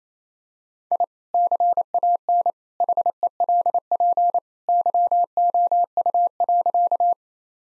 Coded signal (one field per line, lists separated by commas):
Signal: Morse code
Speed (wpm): 28 wpm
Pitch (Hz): 700 Hz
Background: none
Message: I CAN HELP YOU.